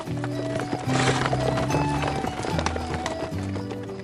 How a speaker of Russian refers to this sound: Сквозь охапку сена, которую я держал в руках, я увидел конную процессию сэра Генри. Всадники и кареты поднимались на гору. Копыта тяжело гремели по мостовой, и мое сердце стучало в унисон.